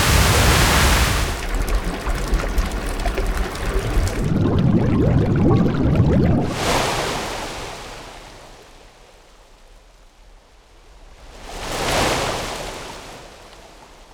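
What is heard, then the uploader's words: Water rushes and surges in waves: a loud wash up to about six seconds, a quieter lull, then another swell near twelve seconds. Esoteric Series Vol. 1 - Third Element - ACQUA. The water in all its chemical derivations, liquid, gaseous and solid states.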